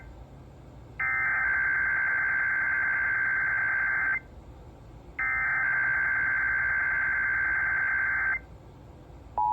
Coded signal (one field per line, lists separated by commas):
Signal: Emergency Alert System (SAME) tones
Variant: header bursts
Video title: SEABREEZE INSANITY 10 - EAS Alerts From 7/20/25 - 7/23/25 (EAS #4409-4439)